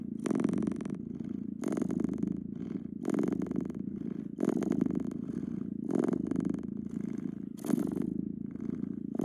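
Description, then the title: Cat purr, deep and continuous, swelling with each breath cycle and marked by rhythmic airy rushes. "CAT PURRING"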